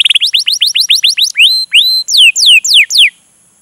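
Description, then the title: Canary song: a quick run of rising chirps, then slower drawn-out whistles that first rise and then slide downward, before stopping abruptly. Song used as a lure (pancingan) to prompt a canary to sing; described as vigorous, long singing (gacor panjang) and as master song material. "PANCINGAN Kenari GACOR PANJANG. Pancingan Gacor Masteran"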